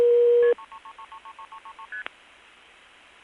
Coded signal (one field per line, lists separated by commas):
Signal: multi-frequency trunk signalling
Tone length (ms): 80 ms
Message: 3333333333ST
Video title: The Sounds of Long Distance pgm 15:4M & XBT Audible Dialpulsing; France; Forced Reroutes, 1974-82